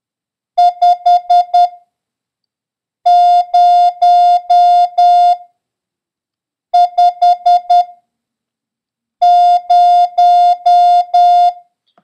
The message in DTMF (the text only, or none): none